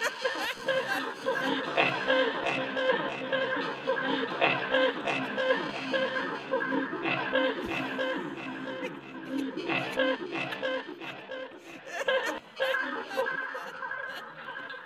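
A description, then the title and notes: Laughter fills a theatre audience, a dense, continuous wash of many voices chuckling and talking at once. Bursts of louder laughter rise every second or two, with sharp claps or knocks cutting through around the eighth, tenth and twelfth seconds. Laughter in Theatre/Applause in Theatre (1935 Columbia), 78 RPM UK disc.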